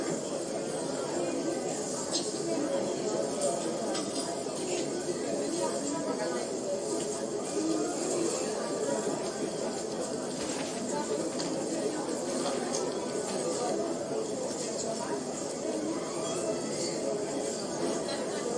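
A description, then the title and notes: Cafe ambience: a steady, dense murmur of many overlapping voices fills an indoor room, with no single speaker standing out. Faint clinks of cups or dishes and brief hissing sounds surface now and then, and the level stays even throughout. ASMR Cafe.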